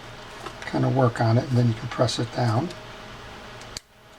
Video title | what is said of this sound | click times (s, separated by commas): Abu Ambassadeur 5500 C3 fishing reel how to take apart and service | there we go and you hear that snap and this is in the back is flush with the case | 3.8 s